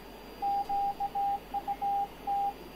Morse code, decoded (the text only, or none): QUT